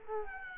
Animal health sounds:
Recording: mosquito wingbeat signal from an infrared sensor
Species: Culex quinquefasciatus

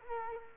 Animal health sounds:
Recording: mosquito wingbeat signal from an infrared sensor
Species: Culex quinquefasciatus

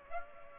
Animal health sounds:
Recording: mosquito wingbeat signal from an infrared sensor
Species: Aedes aegypti

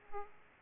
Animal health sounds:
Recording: mosquito wingbeat signal from an infrared sensor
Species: Aedes aegypti

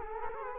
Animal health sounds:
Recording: mosquito wingbeat signal from an infrared sensor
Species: Culex quinquefasciatus

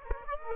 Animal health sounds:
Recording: mosquito wingbeat signal from an infrared sensor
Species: Aedes aegypti

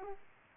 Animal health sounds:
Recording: mosquito wingbeat signal from an infrared sensor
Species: Aedes aegypti

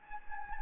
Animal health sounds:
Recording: mosquito wingbeat signal from an infrared sensor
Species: Anopheles gambiae

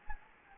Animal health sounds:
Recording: mosquito wingbeat signal from an infrared sensor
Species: Anopheles gambiae

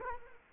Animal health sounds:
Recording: mosquito wingbeat signal from an infrared sensor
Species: Culex quinquefasciatus

